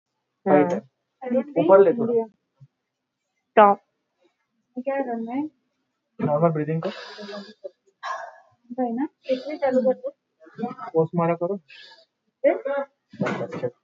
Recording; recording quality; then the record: shallow breathing; moderate, slight background noise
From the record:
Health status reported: COVID-19 positive, no symptoms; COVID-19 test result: positive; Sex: female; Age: 36 years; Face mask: not worn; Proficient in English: yes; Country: India